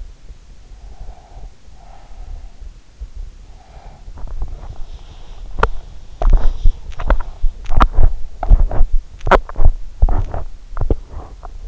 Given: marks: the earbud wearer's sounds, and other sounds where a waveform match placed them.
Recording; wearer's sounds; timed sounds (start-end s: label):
sounds in sleep by an in-ear microphone; breath, teeth grinding
0.57-2.67 s: breath
3.44-5.35 s: breath
5.54-11.68 s: teeth grinding